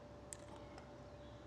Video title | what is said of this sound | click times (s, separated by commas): EVOS Fleet22 Installation Instructional Video | you hear it click, lock in. | 0.3 s